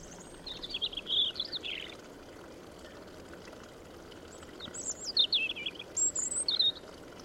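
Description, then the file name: European robin delivering two high, wavering song phrases with a silent gap between, notes sliding up and down, over a low constant hiss. "Erithacus rubecula"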